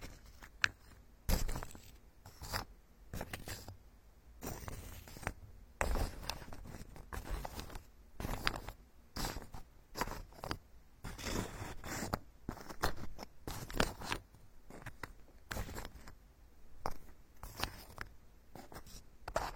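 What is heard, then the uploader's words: Wooden tools scrape and rub in quick, uneven strokes, a dense run of dry, scratchy brushing sounds that never settles into a steady rhythm. Some strokes are short and crisp, others longer and rasping, over a faint constant hiss. Come to the carpenter's workshop, all kinds of wood massage the scalp layer by layer for ultimate relaxation.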